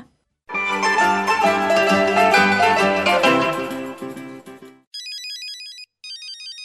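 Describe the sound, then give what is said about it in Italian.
A mobile phone ringtone plays loudly: a bright, busy electronic melody for several seconds, then two bursts of rapid, high-pitched repeating beeps. No one speaks. “Il tuo cellulare sta squillando. Che faccio? Rispondo? Chi è?”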